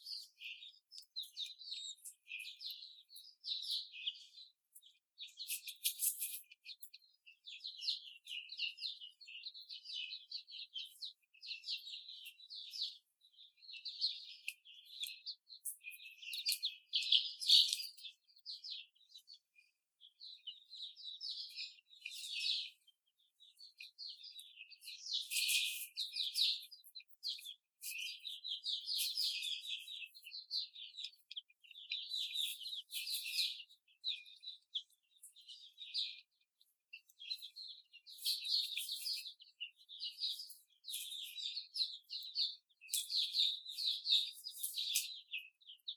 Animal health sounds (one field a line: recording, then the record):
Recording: young laying hens in a cage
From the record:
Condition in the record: before the stressor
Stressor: simulated dog barking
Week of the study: 4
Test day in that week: 2